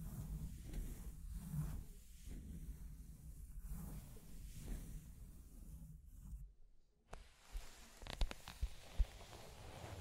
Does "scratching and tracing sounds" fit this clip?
yes